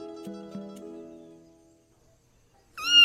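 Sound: cat meowing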